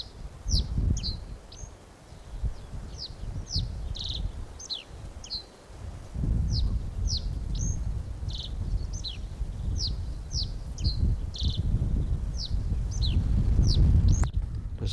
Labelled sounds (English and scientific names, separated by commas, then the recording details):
Reed Bunting (Emberiza schoeniclus)
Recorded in the wild
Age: adult
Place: Schönerlinde, Naturpark Barnim, Brandenburg, DE
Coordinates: 52.651, 13.406
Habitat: pond
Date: 1992-05-01 11:15
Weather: heiter bis wolkig, böiger Wind, 16 °C
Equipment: Nagra SN, Mikrofon AKG CK 8, Kopie Tesla B 116
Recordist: Tembrock, Günter
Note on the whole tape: Schönerlinder Teiche; Gesang, ca. 5 min, Wind